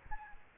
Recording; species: mosquito wingbeat signal from an infrared sensor; Aedes albopictus